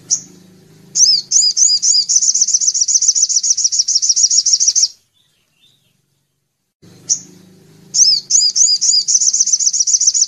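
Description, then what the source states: Little spiderhunter song: rapid high-pitched repeated notes running for several seconds, a short silence, then the same fast series begins again over a low hum. Masteran (song-training) recording.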